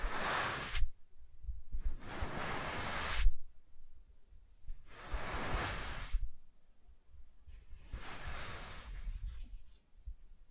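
Soft tracing across a surface in four hissy, brushing strokes, each lasting a second or more, separated by quiet gaps with faint low rumble.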